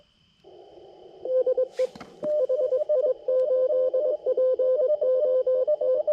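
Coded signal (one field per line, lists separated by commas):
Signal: Morse code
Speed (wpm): 22 wpm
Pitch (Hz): 510 Hz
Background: radio noise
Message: DE HI8POT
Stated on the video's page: CW POTA park activation, with contacts on 60m and 80m.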